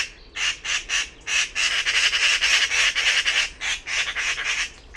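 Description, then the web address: Bird repeating coarse, squawking notes at a steady quick pace, roughly three to four a second, forming one sustained series. "birddata Bird Pi Pi Pi Pi"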